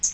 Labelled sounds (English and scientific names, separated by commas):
Hooded Warbler (Setophaga citrina) flight call